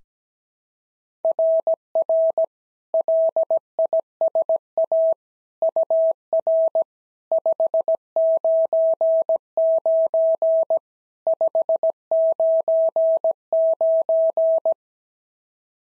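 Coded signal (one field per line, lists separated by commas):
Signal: Morse code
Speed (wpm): 16 wpm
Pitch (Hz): 650 Hz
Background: none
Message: RR LISA UR 599 599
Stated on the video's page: Simulated SOTA Morse exchanges at 17 wpm, each sent in Morse, spoken, then sent again in Morse.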